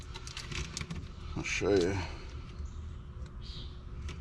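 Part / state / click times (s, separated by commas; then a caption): landing gear jack wiring plug into trailer harness connector / seated / 4.1 s. The wiring harness connector of a replacement electric front landing gear jack is pushed into the trailer's plug until it clicks. Someone talks over light rattling and tapping. The connector clicks into place and is seated at 4.1 s.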